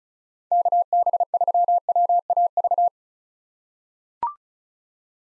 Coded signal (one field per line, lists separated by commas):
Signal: Morse code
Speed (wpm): 36 wpm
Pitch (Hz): 700 Hz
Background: none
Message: KB3WAV